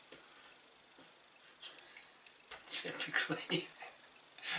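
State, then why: Not seated. A small screw is driven into the plastic chassis of a Tamiya Renault 5 Turbo M05RA RC car kit, but it will not thread in because it was a bit cross-threaded at first. Faint scraping ticks come at about 0.1, 2.3, 2.5 and 4.4 seconds while someone talks. Nothing has seated or clicked yet.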